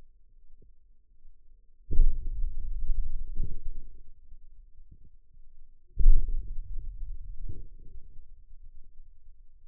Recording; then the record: forearm muscle sounds (acoustic myography)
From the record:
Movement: hand opening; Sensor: system 2, bracelet of six BSWA MPA416 microphones around the upper forearm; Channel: 6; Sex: male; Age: 22 years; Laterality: right